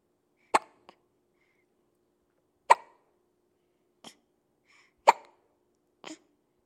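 Three sharp, abrupt hiccups from a baby come about every two and a half seconds, each followed by a softer catch or breath sound, in an otherwise quiet background. These are infant hiccups, a common finding in babies.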